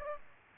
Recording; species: mosquito wingbeat signal from an infrared sensor; Aedes aegypti